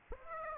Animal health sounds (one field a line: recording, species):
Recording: mosquito wingbeat signal from an infrared sensor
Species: Aedes aegypti